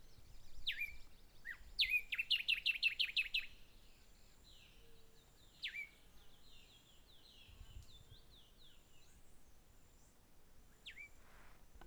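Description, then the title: Birds singing: a rapid burst of bright, evenly spaced chirps early, then sparse falling whistles and soft calls until the end. Birds singing at Hato Corozal, Casanare, Colombia. "Hato Corozal, Casanare, Colombia - Aves Cantando"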